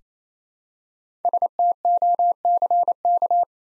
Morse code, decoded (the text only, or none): STOCK